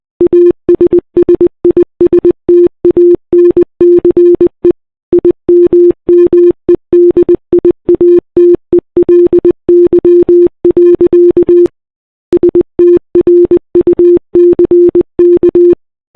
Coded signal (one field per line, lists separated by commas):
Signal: Morse code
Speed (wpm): 20 wpm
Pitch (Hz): 350 Hz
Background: none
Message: ASSISTANCE IMMEDIATELY. STRUCK